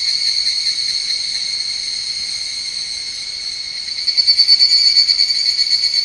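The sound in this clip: Higurashi cicada giving a bright, high ringing drone, steady at first, then breaking into strong, rapid rhythmic pulses from about four seconds on.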